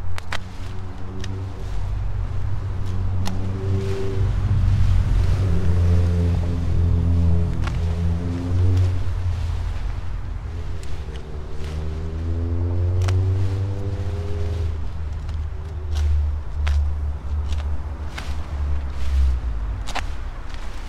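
Overgrown sweet potato vines are cut at the base to prepare for harvest. A low motor drone runs throughout, its pitch wavering and swelling between about four and fifteen seconds. Sharp snapping clicks punctuate it every second or two.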